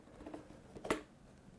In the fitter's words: cool and it's like solidly snaps in place it's not like wobbling around or nothing um